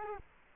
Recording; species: mosquito wingbeat signal from an infrared sensor; Culex quinquefasciatus